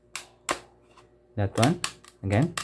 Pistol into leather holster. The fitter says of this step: so when inserted you should hear a click